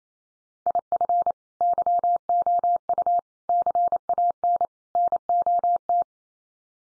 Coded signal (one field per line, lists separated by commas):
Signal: Morse code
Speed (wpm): 28 wpm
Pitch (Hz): 700 Hz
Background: none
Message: IF YOU CAN NOT